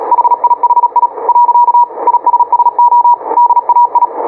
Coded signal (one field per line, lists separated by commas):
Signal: Morse code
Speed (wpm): 37 wpm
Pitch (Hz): 960 Hz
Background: radio noise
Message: HIHI . ISSO DAI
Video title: QSO em CW.